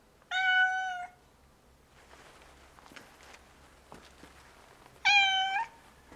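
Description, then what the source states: Domestic cat meows: two drawn-out, clearly pitched meows, one at the start and a second about five seconds later, with faint clicks and rustles between them. Hungry cats during a storm.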